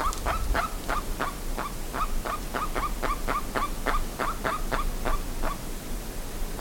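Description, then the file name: Bird giving a steady series of harsh, clipped notes over a low rumbling background. "SABIOD 50 bird 2015"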